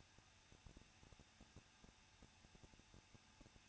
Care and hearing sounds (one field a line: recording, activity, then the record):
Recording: daily activity, microphone in the room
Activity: no activity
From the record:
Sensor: 2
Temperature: 21.0 degrees Celsius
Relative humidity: 37.6%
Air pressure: 1006.2 hPa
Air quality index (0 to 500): 224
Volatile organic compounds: 25 ppm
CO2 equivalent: 2843 ppm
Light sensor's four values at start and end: 2/3/2/2 and 2/3/2/2